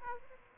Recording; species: mosquito wingbeat signal from an infrared sensor; Aedes aegypti